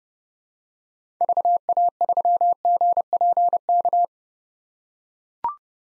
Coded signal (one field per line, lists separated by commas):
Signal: Morse code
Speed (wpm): 30 wpm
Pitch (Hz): 700 Hz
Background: none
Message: VA3GPK